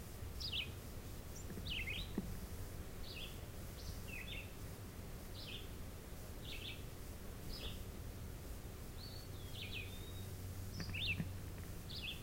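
Red-eyed vireo singing a long series of many brief whistled phrases, each a quick slurred note, over continuous low droning noise.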